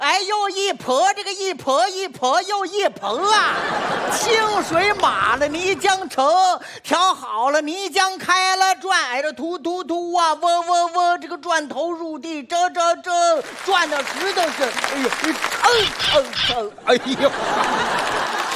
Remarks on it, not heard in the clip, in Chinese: 您比如说我儿子，他就用不了儿化韵。 有点大舌头， 说不出这儿。 我模仿模仿。